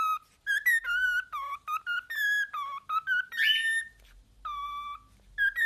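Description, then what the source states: Cockatiel whistles a melodic tune of sustained, rich tonal notes that step up and down, with one harsher rising note in the middle. Several cockatiels singing, whistling.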